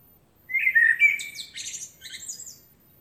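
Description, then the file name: Eurasian blackbird singing one phrase, a mellow slurred whistle followed by a brief, scratchy high-pitched twittering flourish. "Turdus merula"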